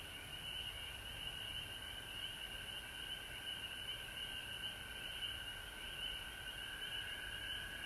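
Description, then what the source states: Overlapping frog calls form a constant high trill with a softer band beneath, steady and unbroken throughout. Frogs recorded at home in Georgia on March 19, 2020.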